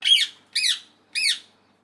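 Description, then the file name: Rose-ringed parakeet chirps: three harsh, squawky notes, repeated roughly every half second. "BIRD PARROT INDIAN RINGNECK CHIRP SEQUENCE"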